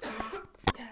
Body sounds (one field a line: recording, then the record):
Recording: coughing mixed with background sound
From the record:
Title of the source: Barking cough - # 10